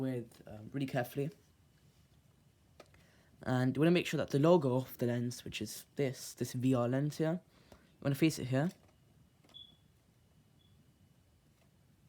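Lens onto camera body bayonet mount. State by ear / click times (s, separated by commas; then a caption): not seated / none. Someone talks while a VR lens is held against a camera body's bayonet mount and turned so its logo faces the right way, lining it up before it is twisted to lock. Only faint handling sounds are heard between the talking. The lens has not been twisted and nothing has clicked yet.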